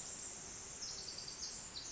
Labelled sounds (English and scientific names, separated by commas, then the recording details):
Pacific Wren (Troglodytes pacificus)
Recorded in Sonoma County, California